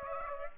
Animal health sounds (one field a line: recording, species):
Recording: mosquito wingbeat signal from an infrared sensor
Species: Aedes aegypti